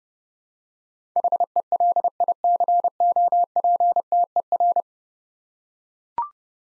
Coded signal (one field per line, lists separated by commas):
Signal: Morse code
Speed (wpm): 30 wpm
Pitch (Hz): 700 Hz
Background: none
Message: HELICOPTER